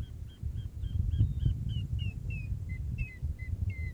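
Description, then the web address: Bird calls: a rapid run of short, slurred notes, several per second, over a steady low rumble. "safari sounds Bird Sounds"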